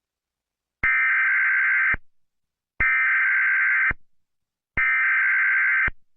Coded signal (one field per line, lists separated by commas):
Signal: Emergency Alert System (SAME) tones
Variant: header bursts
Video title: (BEING REWORKED) Michigan EAS hijack incident